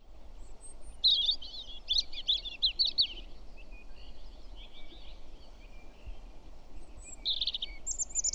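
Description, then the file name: European robin song with rapid, varied high notes and trills in a long rich phrase, a softer subdued passage, then another bright phrase starting; low rumbling noise underneath. "Erithacus rubecula"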